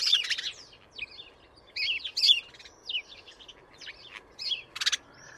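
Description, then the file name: House sparrow giving scattered bright chirps, single notes and short bursts separated by brief gaps. "Passer domesticus"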